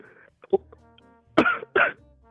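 An adult caller on a phone line has a coughing fit at the start of the call: a few harsh cough bursts in quick succession.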